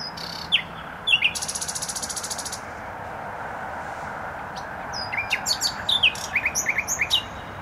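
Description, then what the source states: Nightingale song: sharp whistled notes, then a fast metallic trill of repeated clicks, a pause, and a string of chirps, over a steady roar of traffic. Singing in bushes near a noisy motorway, Trasa Toruńska, Bródno-Podgrodzie, Warsaw, Poland; recorded with an Olympus LS-11.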